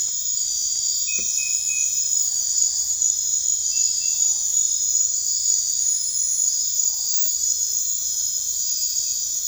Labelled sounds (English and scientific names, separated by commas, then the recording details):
none
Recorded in dense forest near Puerto Asís, Putumayo, Colombia, on 21 December 2024 at 23:00
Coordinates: 0.468, -76.322
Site G071